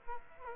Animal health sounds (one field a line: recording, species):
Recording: mosquito wingbeat signal from an infrared sensor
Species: Aedes aegypti